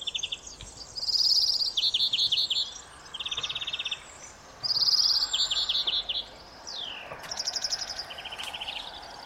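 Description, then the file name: European greenfinch giving rapid twittering trills at several pitches in short bursts with brief gaps. "Chloris chloris"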